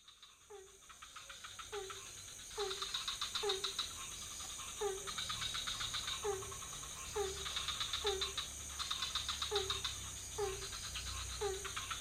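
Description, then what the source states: Frogs calling: regular short croaks alongside rattling pulsed trills, with a passing low engine hum and a steady high whine. Several frog species in a pond near a hotel, night, Ubud, Bali, Indonesia; motorbikes passing; recorded with Sony PCM D50, Rode NT4, Rode boompole.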